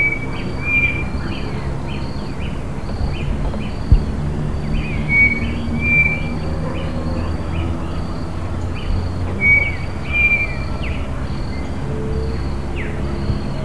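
Bird calls: repeated thin whistled notes and brief chirps heard over constant low-pitched background noise.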